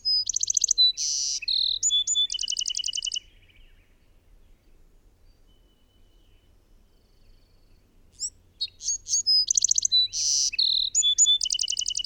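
Bird song in two bursts of high varied notes, rapid trills and a buzzy rasp, separated by about five seconds of near silence.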